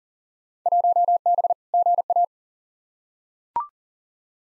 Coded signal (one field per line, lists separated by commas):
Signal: Morse code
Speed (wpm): 40 wpm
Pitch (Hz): 700 Hz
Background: none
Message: 1B GA